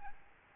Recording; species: mosquito wingbeat signal from an infrared sensor; Aedes albopictus